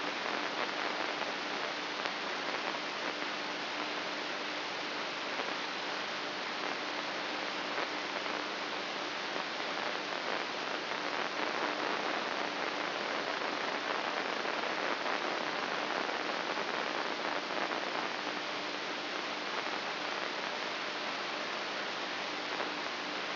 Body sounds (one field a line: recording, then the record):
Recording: brain microelectrode recording played as sound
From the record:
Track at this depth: inside the subthalamic nucleus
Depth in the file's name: 4.385 mm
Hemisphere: left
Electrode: 3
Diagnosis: Parkinson's disease